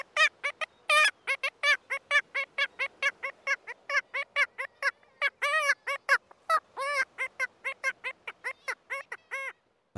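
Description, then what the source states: Black-legged Kittiwake choking calls, a fast run of brief, nasal harmonic notes, some louder and fuller. Close-up; male also uses the choking call earlier in spring to attract the female to a nest site; part of the pair's courtship.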